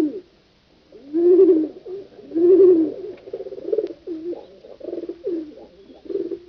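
Pigeon coos: two loud, rolling low coos early on, followed by a run of softer, bubbling coo phrases to the end.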